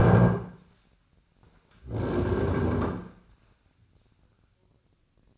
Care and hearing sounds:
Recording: daily activity, microphone in the room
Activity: stand up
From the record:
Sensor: 2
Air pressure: 1009.1 hPa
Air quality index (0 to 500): 168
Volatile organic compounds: 2 ppm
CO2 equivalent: 1231 ppm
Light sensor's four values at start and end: 37/99/41/45 and 38/101/42/46

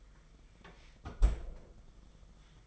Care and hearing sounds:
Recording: daily activity, microphone in the room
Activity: close fridge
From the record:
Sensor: 5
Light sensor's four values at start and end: 34/106/41/43 and 33/106/40/43

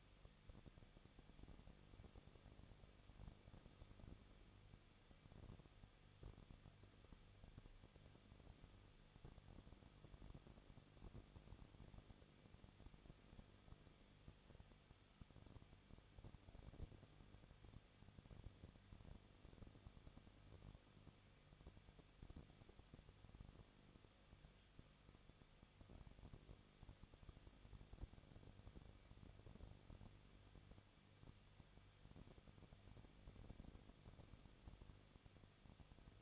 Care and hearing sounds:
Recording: daily activity, microphone in the room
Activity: no activity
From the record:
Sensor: 4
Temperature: 23.1 degrees Celsius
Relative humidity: 34.4%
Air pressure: 1007.2 hPa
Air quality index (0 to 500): 214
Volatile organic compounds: 14 ppm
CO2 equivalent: 2473 ppm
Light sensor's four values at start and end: 2/3/1/1 and 2/3/1/1

